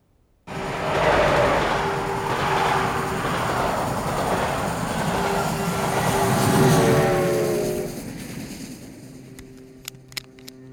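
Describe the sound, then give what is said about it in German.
The 16:07 train from Groningen to Amsterdam, on Thursday 22 December 1938, rolls along the rails with a loud, steady rumbling roar and a sustained humming whine that eases off toward the end, followed by a few sharp metallic clicks. “Dezember 1938, mit dem 16:07-Zug von Groningen abgefahren.”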